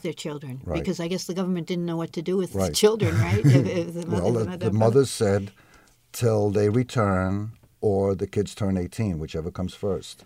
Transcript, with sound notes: With their children?
Right.
Because I guess the government didn't know what to do with the children, right? [Laughs] The mother —
Well, the mothers said, 'til they return, or the kids turn eighteen, whichever comes first.